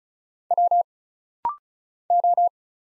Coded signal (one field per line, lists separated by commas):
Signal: Morse code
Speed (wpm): 34 wpm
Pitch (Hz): 700 Hz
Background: none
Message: W O